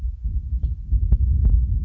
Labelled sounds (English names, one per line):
House Finch